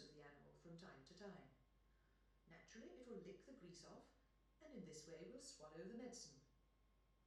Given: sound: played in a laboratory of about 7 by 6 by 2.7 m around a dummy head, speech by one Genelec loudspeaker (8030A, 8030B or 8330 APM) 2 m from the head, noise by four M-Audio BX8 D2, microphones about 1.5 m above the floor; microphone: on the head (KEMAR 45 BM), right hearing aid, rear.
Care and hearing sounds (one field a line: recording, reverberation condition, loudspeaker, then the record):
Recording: female speech in English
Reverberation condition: medium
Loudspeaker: 120 degrees to the left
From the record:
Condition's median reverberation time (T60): about 510 ms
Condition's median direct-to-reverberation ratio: about -0.5 dB